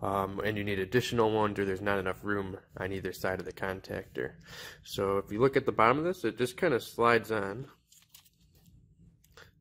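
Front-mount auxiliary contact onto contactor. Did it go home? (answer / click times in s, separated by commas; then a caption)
no / none. Someone talks while a front-mount auxiliary contact is slid along the bottom of an LS Electric MC contactor's face and lined up before being pushed into the top; it is used because there is not enough room on either side of the contactor for more auxiliaries. After the talking stops at about 7.8 s, faint short plastic sliding and scraping sounds follow. Nothing has latched or clicked into place yet.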